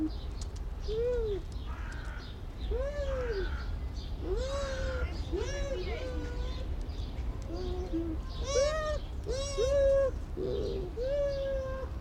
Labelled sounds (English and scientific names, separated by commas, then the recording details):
Bush Dog (Speothos venaticus) call
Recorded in captivity
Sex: pair
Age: adult
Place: Zoo Berlin, Berlin, DE
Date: 1994-10-01 11:47
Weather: wolkig (Regen)-heiter, 12°C
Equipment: Marantz CP 430, Sennheiser ME 80, Kopie Uher Variocord 263
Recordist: Tembrock, Günter
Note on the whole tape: Paar: umherlaufend, diverse Lautformen